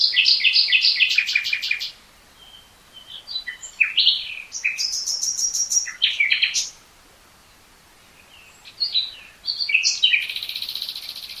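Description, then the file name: Common nightingale in full song: rapid repeated trills, high pulsed notes and varied chattering phrases, separated by pauses. "Luscinia megarhynchos"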